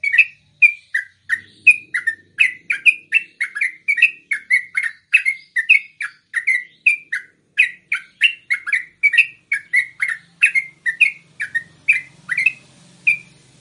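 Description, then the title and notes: Yellow-vented Bulbul delivering a long, steady stream of quick chirpy slurred notes at a brisk, even pace, with a soft low hum late on. Trucukan song in the tembakan and ropel styles, from a masteran training recording for songbirds. "MASTERAN Trucukan Tembakan Dan Ropel. BURUNG TRUCUKAN"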